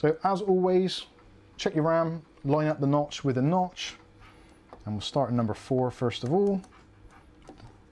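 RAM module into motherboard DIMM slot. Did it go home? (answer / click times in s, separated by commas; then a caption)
no / none. A DDR4 RAM stick is pushed into slot four of a motherboard while someone talks. Near the end, two faint ticks are heard, but the stick is misaligned and has not seated or clicked into place yet.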